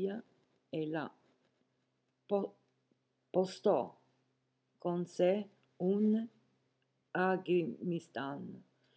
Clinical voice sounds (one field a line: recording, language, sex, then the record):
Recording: read passage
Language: Italian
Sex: female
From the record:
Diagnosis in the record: healthy control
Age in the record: 70 years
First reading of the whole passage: 149 s, 3.0 characters per second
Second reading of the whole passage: 105 s, 4.4 characters per second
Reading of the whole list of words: 65 s, 4.0 characters per second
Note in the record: marked for poor recording quality or reading difficulty